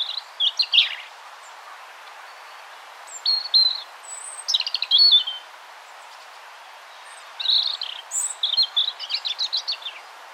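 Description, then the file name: European robin delivering bursts of high, tinkling warbles and fast trills, a silent gap of a second or two between phrases, over a quiet, steady background hiss. "Erithacus rubecula"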